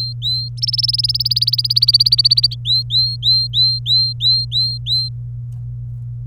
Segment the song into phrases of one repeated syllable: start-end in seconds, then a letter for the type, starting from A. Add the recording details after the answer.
0.00-0.48 A, 0.57-2.55 B, 2.65-5.09 A. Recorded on 26 April 2018 at 15:26. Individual llb3